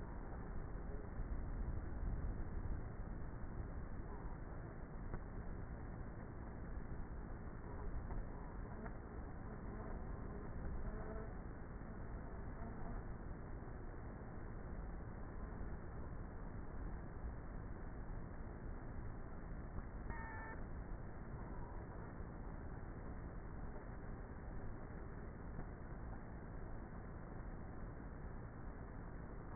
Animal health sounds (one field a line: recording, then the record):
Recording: honeybee colony, microphone inside the hive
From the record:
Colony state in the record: queenless with a low population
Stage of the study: before two queens were removed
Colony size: about 30,000 bees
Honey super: no